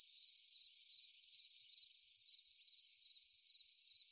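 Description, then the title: Crickets and other insects in a continuous high-pitched chorus. Forest at night, with other insects calling. "Sound of forest at night, crickets, cicadas, insects. ASMR Nature Sound"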